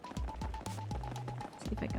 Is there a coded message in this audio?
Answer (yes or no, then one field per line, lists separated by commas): no